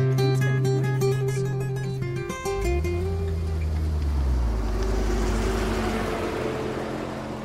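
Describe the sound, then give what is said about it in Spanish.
A car engine hums steadily, its pitch rising and then dropping as it shifts gear, before settling into a broad, continuous rush of road noise as the vehicle drives on. “Tú vienes conmigo y nos vamos en el carro, entonces vamos detrás.”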